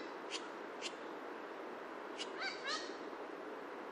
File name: horned parakeet